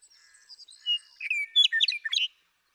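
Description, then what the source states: Western meadowlark, one song phrase: soft whistles build into a loud, rollicking burst of bubbling, slurred high notes. One male (Bird 1), Sierra Valley, eastern California, 2018.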